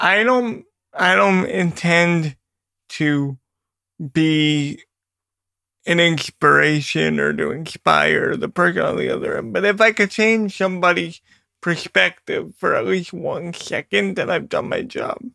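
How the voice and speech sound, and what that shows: Halting adult male speech with a repeated opening, long pauses, drawn-out syllables and creaky voicing: dysarthria in cerebral palsy.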